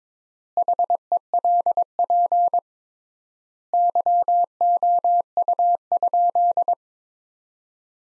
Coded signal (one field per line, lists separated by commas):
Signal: Morse code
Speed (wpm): 22 wpm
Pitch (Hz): 700 Hz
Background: none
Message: HELP YOU?